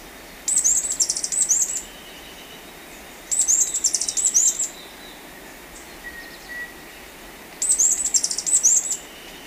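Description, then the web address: Andean emerald giving high, thin twittering chips in three short bursts, each about a second and a half long, separated by pauses of roughly one and a half and three seconds. Ecuador. "Birds of Ecuador. Andean Emerald"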